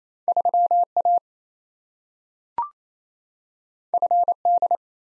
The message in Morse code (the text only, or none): 3A FD